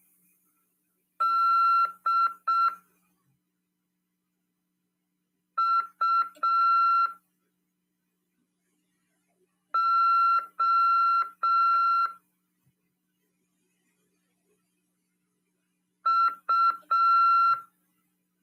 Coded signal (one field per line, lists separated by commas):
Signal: Morse code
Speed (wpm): 6 wpm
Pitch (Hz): 1360 Hz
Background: none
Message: D U O U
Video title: RADIOAMADOR 16/9/2022 "AULA 6: CW, C. RODADA e LEGISLAÇÃO" PY2EXU PAULO SP/SP CRASP 22 ANOS.